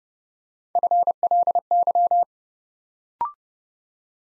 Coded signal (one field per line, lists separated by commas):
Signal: Morse code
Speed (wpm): 30 wpm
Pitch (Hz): 700 Hz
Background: none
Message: FLY